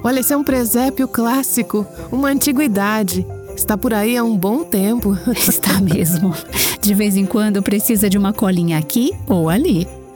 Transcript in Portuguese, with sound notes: Olha, esse é um presépio clássico. Uma antiguidade. Está por aí há um bom tempo. (risos)
Está mesmo. De vez em quando precisa de uma colinha aqui ou ali.